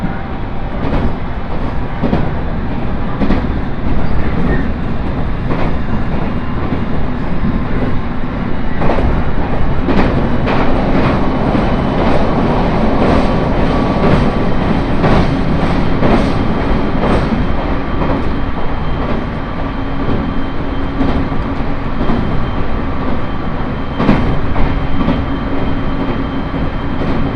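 Inside a Uetsu Main Line train travelling from Ugo-Honjo to Akita, a loud, steady low rumble of the running train fills the whole ride. Frequent sharp clacks and knocks from the wheels cluster most densely midway through, over a faint constant whine.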